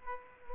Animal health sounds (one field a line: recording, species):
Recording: mosquito wingbeat signal from an infrared sensor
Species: Aedes aegypti